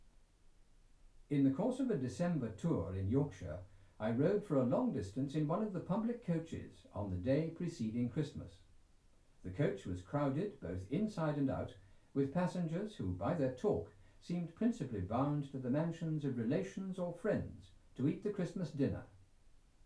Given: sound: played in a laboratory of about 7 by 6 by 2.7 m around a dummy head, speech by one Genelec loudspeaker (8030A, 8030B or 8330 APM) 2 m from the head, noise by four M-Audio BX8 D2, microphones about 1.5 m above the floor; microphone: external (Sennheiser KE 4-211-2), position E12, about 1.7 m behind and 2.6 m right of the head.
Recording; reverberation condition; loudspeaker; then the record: male speech in English; low; 90 degrees to the right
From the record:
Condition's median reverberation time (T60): about 310 ms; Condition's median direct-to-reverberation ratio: about 3.5 dB